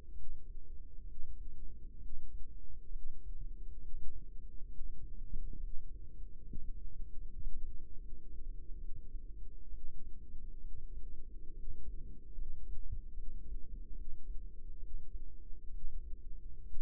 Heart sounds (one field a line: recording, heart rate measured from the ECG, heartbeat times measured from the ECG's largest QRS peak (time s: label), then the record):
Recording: heart sounds by microphone in the right ear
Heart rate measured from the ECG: 69 bpm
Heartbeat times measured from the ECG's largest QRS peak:
0.12 s: heartbeat
1.03 s: heartbeat
1.97 s: heartbeat
2.89 s: heartbeat
3.77 s: heartbeat
4.66 s: heartbeat
5.57 s: heartbeat
6.41 s: heartbeat
7.19 s: heartbeat
7.95 s: heartbeat
8.77 s: heartbeat
9.68 s: heartbeat
10.58 s: heartbeat
11.51 s: heartbeat
12.32 s: heartbeat
13.11 s: heartbeat
13.91 s: heartbeat
14.77 s: heartbeat
15.68 s: heartbeat
16.62 s: heartbeat
From the record:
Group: healthy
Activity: cold pressor test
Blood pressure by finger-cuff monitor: 148/87 mmHg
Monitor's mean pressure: 108 mmHg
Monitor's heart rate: 68 bpm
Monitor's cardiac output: 6.4 L/min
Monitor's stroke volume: 94 mL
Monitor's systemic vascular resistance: 1260 dyn s/cm5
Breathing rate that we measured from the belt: 11 breaths a minute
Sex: female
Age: 22 years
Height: 171 cm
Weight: 65.6 kg